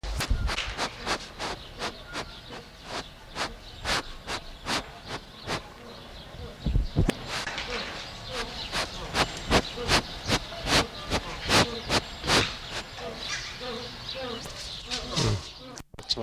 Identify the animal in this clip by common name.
Southern Two-toed Sloth